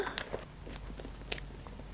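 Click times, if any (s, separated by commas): none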